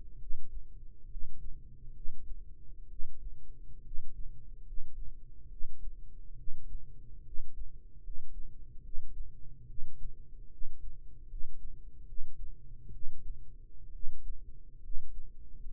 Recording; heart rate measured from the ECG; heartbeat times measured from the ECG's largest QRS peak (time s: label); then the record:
heart sounds by microphone in the right ear; 70 bpm
0.16 s: heartbeat
1.05 s: heartbeat
1.90 s: heartbeat
2.85 s: heartbeat
3.79 s: heartbeat
4.61 s: heartbeat
5.45 s: heartbeat
6.33 s: heartbeat
7.20 s: heartbeat
7.98 s: heartbeat
8.79 s: heartbeat
9.63 s: heartbeat
10.46 s: heartbeat
11.24 s: heartbeat
12.02 s: heartbeat
12.88 s: heartbeat
13.89 s: heartbeat
14.78 s: heartbeat
15.57 s: heartbeat
From the record:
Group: healthy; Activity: rest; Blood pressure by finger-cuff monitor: 118/64 mmHg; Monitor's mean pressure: 74 mmHg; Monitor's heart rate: 70 bpm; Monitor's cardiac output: 7.8 L/min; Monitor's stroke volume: 111 mL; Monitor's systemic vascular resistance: 690 dyn s/cm5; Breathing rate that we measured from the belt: 17 breaths a minute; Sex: male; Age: 22 years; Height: 185 cm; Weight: 112.4 kg